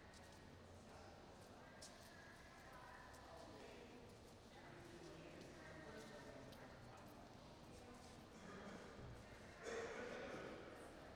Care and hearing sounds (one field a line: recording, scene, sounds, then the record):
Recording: everyday scene through a hearing-aid microphone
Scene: reverberant space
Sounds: background noise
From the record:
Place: railway station hall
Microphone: in the ear canal, right